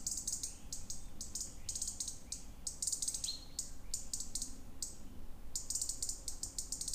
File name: rouge gorge